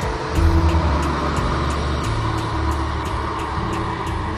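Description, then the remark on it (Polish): A car engine rumbles steadily with a deep, low drone as the car drives away, its pitch stepping up and down, staying fairly loud throughout with no voices. “Owce odetchnęły dopiero wtedy, gdy warkot ucichł zupełnie.”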